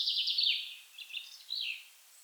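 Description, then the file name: Common chaffinch song, a loud bright trill dropping in pitch at the start, followed by two fainter, briefer descending notes. "Fringilla coelebs"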